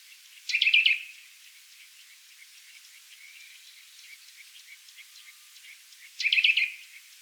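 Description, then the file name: Eurasian nuthatch: two brief bursts of sharp, high, rapid notes separated by a long quiet gap. "Sitta europaea"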